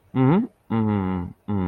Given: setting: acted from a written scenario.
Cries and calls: vocal sound without words; confusion

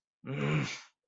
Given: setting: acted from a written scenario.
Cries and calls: vocal sound without words; anger

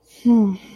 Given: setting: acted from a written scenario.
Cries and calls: vocal sound without words; disappointment

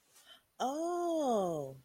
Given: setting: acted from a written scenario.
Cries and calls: vocal sound without words; realization

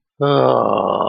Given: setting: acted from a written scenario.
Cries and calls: vocal sound without words; ecstasy

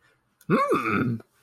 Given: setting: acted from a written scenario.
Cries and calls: vocal sound without words; awe

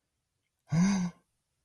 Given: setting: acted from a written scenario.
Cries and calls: vocal sound without words; amusement

